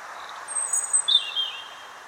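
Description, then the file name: European robin with a brief phrase of very high thin whistles followed by lower whistled notes, over steady background noise. "Erithacus rubecula"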